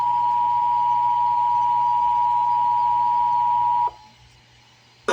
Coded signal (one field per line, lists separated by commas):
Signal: Emergency Alert System (SAME) tones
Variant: 853 and 960 Hz attention tone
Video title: (EAS #904-911) July 2025 Texas Required Monthly Test